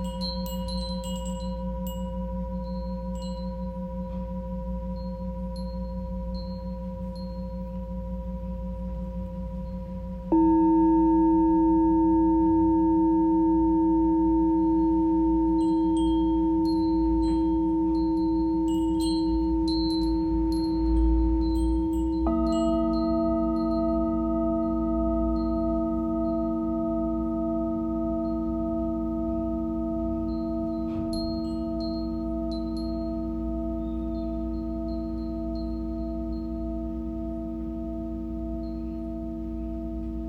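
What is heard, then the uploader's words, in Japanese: A Tibetan singing bowl hums with a low, sustained ringing tone that holds steady, then a second bowl is struck at about 10 seconds and a third near 22 seconds, each layering a new pitch over the fading drone. Faint high chirps and tinkles sound throughout. チベタンシンギングボウルの子守唄。お話しなしのシンギングボウルのみです。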